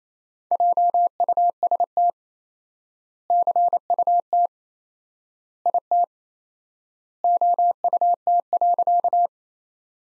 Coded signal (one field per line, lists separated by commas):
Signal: Morse code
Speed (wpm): 28 wpm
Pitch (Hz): 700 Hz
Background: none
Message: JUST CUT IT OUT.